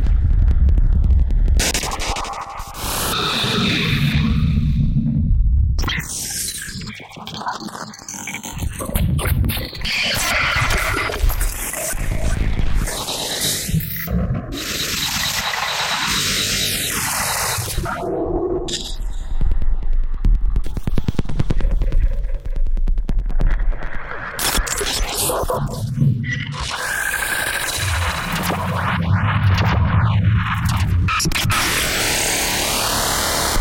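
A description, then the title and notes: Strange noises fill the whole stretch: dense, hissing textures cut abruptly every few seconds, with swooping tones that sweep up and down through the middle and high range. Loudness stays fairly even throughout, with scratchy, static-like bursts and brief pauses around 6, 13 and 18 seconds. Some strange noises i made in Renoise.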